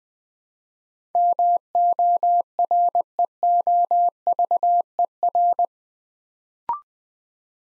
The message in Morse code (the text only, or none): MOREOVER